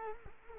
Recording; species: mosquito wingbeat signal from an infrared sensor; Culex quinquefasciatus